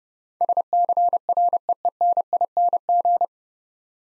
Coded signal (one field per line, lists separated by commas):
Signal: Morse code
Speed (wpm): 30 wpm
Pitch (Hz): 700 Hz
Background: none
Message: SCREENING